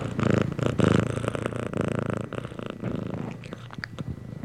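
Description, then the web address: Domestic cat purring, loud low rumbling bursts at first, then softer pulsing. Contented domestic cat purring while being petted. "cat purring and meowing animal purring contented animal x purring being petted anima"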